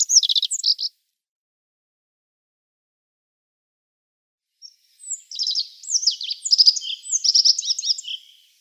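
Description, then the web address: Rock bunting song: a phrase ending at the start, then silence, then a longer run of quick, high, tinkling notes sweeping up and down. "Schulze Peter Rock Bunting song"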